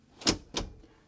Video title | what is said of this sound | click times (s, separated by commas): 2023 Newmar Mountain Aire 4551 (17N221569) | you can hear how it locks into place so if you're taking a left your groceries aren't taking a right | 0.3 s, 0.6 s